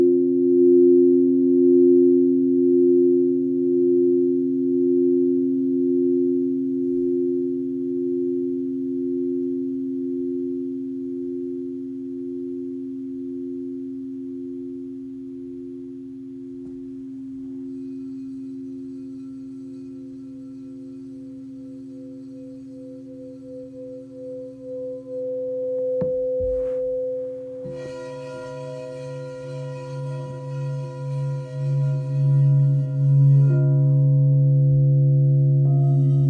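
Several singing bowls ring together in sustained, overlapping tones, a low hum beneath middle and higher pitches, each wavering with a slow pulse. The ringing fades gently for about 25 seconds, then a fresh strike near 27 seconds brings a bright shimmer and louder, throbbing tones.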